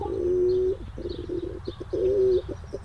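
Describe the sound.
Pigeon giving two drawn-out low coos separated by short choppy notes.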